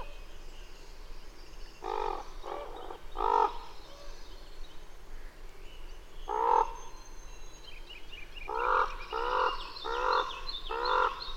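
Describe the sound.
Bird with bursts of grating caws: a triple, a single, then a rapid run of four, with faint higher twittering notes in the background.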